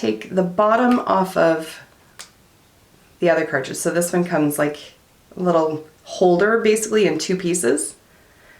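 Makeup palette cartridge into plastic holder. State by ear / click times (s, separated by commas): not seated / none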